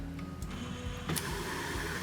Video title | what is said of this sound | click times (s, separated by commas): Echuca, Victoria - Echuca Distillery FULL EPISODE (Cellar Door S07E05) | Was that the click? That's it. | 1.2 s